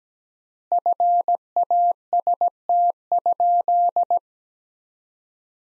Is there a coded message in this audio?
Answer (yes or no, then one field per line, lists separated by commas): yes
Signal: Morse code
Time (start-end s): 0.7-4.2 s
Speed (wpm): 17 wpm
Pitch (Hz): 700 Hz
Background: none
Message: FAST?